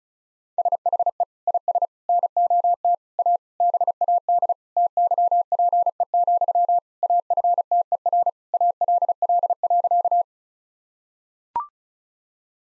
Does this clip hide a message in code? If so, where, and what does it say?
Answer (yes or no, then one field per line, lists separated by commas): yes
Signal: Morse code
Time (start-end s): 0.6-10.2 s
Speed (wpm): 36 wpm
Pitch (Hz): 700 Hz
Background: none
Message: SHE IS NOT A BAD TYPE, AFTER ALL.